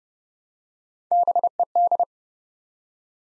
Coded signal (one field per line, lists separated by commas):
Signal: Morse code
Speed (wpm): 28 wpm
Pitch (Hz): 700 Hz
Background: none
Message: BED